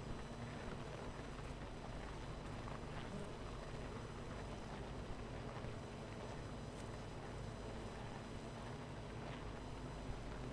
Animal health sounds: honeybee colony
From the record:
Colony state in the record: missing queen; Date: 14 July 2017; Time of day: 9:17

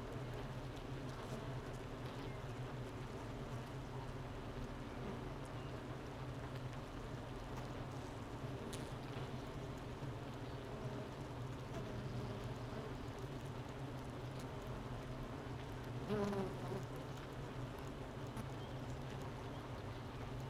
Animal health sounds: honeybee colony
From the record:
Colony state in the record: missing queen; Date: 31 May 2018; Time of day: 9:30

